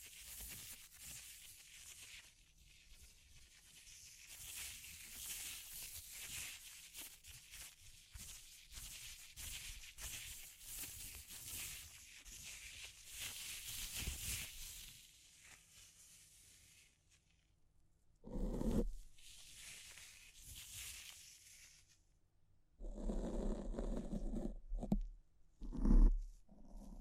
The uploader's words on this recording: ASMR S E N S I T I V E Brain Scratch (No Talking).